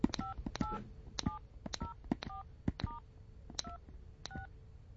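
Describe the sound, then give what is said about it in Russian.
A rapid sequence of about nine telephone keypad tones, dialing a medical center's phone number, each a short dual-pitched beep with a click, pressed in an uneven rhythm over a low background hum. “Медицинский центр Айболит и телефон. Давай. Набирай, давай скорей.”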